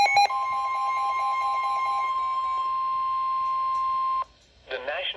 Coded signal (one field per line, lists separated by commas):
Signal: Emergency Alert System (SAME) tones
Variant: 1050 Hz attention tone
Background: speech